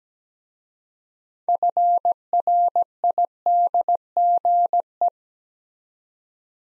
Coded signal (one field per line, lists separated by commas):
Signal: Morse code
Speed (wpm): 17 wpm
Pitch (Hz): 700 Hz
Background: none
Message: FRIDGE